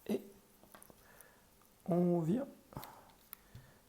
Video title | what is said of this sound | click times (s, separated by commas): Manette Xbox Elite serie 2 qui a mal fini 😝 | Voilà, elle a quand même pris un peu parce que là, du coup, elle se clipse plus. | none